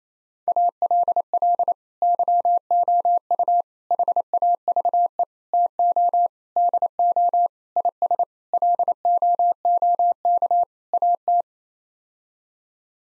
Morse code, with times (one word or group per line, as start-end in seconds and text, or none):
0.5-1.7 ALL
2.0-3.6 YOU
3.9-5.2 HAVE
5.5-6.3 TO
6.6-7.5 DO
7.8-8.2 IS
8.5-10.6 LOOK
10.9-11.4 AT